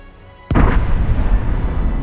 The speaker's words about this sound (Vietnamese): Bùng lên một tiếng, giống như người ta ném mồi lửa vào thùng xăng.